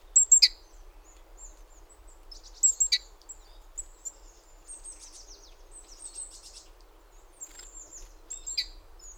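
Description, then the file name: Great tit calls: short high thin notes with sharp ticking bursts near 0.4, 2.9, 7.5 and 8.6 seconds, scattered softer chirps between, over a steady low background hum. "Parus major"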